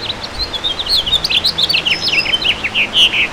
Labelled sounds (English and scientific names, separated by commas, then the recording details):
House Finch (Haemorhous mexicanus) song
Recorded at Bridgehampton on Long Island, New York, on 22 June 2013
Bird G